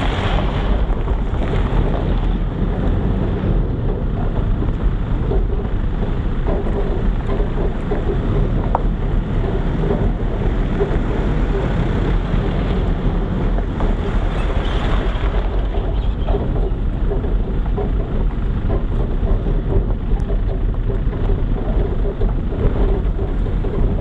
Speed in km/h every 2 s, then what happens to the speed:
13, 12, 7, 8, 8, 11, 12, 11, 13, 12, 12, 12.
0-24 steady at about 12.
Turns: none.